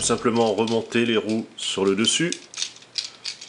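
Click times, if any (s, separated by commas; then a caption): 3.0 s. Someone talks while refitting the plastic wheel section of the TFC Toys EX-002 Battle Rollar onto the top of a transforming Masterpiece Optimus robot figure's back, whose back cover has been removed, followed by rattling plastic handling sounds. The wheel assembly clips in at 3.0 s and holds only somewhat, so it must not be forced.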